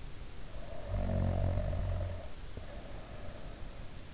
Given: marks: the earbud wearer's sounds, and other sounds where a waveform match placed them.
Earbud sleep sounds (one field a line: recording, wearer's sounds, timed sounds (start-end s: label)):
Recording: sounds in sleep by an in-ear microphone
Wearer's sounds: snoring breath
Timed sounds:
0.37-3.91 s: snoring breath